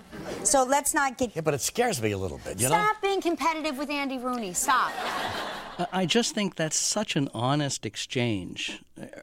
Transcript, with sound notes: So let's not get...
Yeah, but it scares me a little bit, you know?
Stop being competitive with Andy Rooney. Stop.
(SOUNDBITE OF LAUGHTER)
I just think that's such an honest exchange.